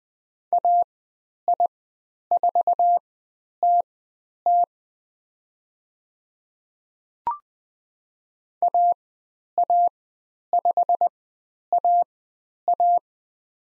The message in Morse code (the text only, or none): AI4TT AA5AA